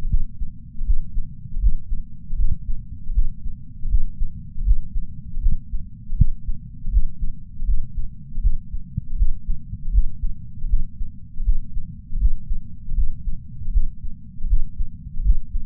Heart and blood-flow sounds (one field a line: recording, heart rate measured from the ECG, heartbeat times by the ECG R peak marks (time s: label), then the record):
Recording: heart sounds by patch sensor on the chest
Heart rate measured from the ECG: 79 bpm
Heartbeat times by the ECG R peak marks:
0.07 s: heartbeat
0.83 s: heartbeat
1.59 s: heartbeat
2.35 s: heartbeat
3.12 s: heartbeat
3.88 s: heartbeat
4.63 s: heartbeat
5.39 s: heartbeat
6.15 s: heartbeat
6.90 s: heartbeat
7.65 s: heartbeat
8.40 s: heartbeat
9.15 s: heartbeat
9.91 s: heartbeat
10.66 s: heartbeat
11.42 s: heartbeat
12.18 s: heartbeat
12.94 s: heartbeat
13.70 s: heartbeat
14.46 s: heartbeat
15.22 s: heartbeat
From the record:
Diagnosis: coronary artery disease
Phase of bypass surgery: postoperative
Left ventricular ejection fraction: 50.8%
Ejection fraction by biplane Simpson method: 51.6%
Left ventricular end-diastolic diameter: 50 mm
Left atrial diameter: 30 mm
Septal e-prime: 7.4 cm/s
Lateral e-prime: 7.6 cm/s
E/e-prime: 9.9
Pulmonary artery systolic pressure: 27 mmHg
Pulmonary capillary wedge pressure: 7 mmHg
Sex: male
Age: 66 years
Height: 176 cm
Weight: 74.5 kg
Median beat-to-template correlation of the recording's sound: 0.90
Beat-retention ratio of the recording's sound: 0.99